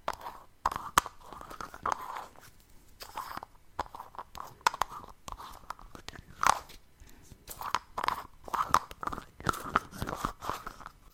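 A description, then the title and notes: Lid sounds: an uneven run of sharp clicks and crunchy, grinding scrapes that fills the whole clip. A squeaky mid-pitched rubbing tone recurs between them, and louder snaps stand out near one, six and a half, and nine and a half seconds. ASMR Lid Sounds.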